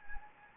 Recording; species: mosquito wingbeat signal from an infrared sensor; Anopheles gambiae